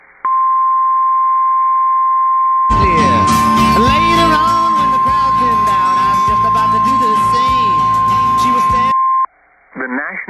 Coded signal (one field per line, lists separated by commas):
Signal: Emergency Alert System (SAME) tones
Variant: 1050 Hz attention tone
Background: speech, music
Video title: Kentucky wants it... | EAS Alerts from May 16th, 2023 (EAS #2574-2585)